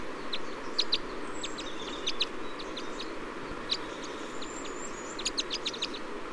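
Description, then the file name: Red crossbill flight calls, clipped high chips in small bursts separated by pauses, alongside faint sustained whistles and a constant rushing background noise. Type E Red Crossbill; flight calls. "Red Crossbill Type E - FCs"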